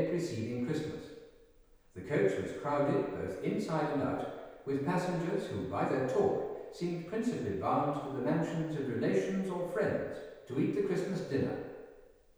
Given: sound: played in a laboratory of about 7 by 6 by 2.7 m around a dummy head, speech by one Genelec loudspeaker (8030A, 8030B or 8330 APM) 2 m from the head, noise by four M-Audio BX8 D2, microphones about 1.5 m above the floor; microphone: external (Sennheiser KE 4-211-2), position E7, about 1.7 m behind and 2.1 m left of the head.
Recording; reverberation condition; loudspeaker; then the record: male speech in English; high; in front (0 degrees)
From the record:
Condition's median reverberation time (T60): about 1300 ms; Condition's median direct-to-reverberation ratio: about -4.0 dB